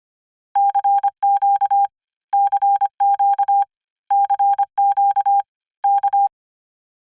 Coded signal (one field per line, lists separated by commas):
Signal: Morse code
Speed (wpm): 25 wpm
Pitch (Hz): 800 Hz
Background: none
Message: CQ CQ CQ K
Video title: "Fallout 3: Numbers Station" | Spooktober 2017 Halloween Countdown #6